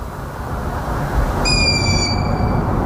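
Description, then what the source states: Long-eared Owl begging call: a single drawn-out, flat note starting midway and held about a second, over steady low rumbling background noise. Second of two listener-sent recordings; monotone, more insistent and demanding than the first, less arched; possibly a late brood; likened to saying 'hey, hello, food'.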